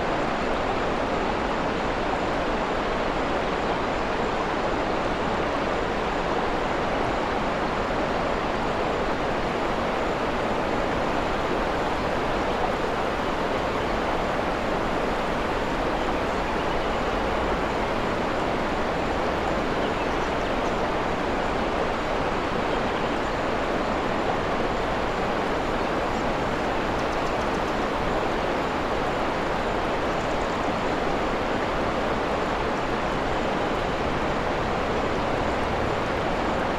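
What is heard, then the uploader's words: A waterfall pours in a steady, dense rush that never lets up, its even roar filling lows and highs alike for the whole stretch. Waterfall in a Forest Clearing. This one we recorded is in Wales.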